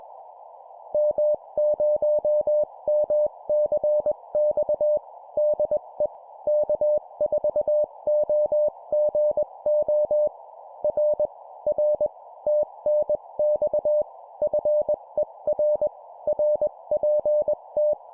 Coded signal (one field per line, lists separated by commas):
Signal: Morse code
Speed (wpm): 21 wpm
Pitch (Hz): 600 Hz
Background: none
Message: M0MCX DE K4OGO R R TNX FER RPT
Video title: 20wpm CW CQ QSO Operation Sample, CW morse code